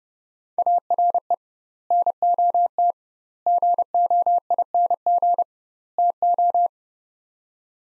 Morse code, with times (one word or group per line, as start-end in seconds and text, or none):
0.6-1.3 ARE
1.9-2.9 NOT
3.5-5.4 GOING
6.0-6.7 TO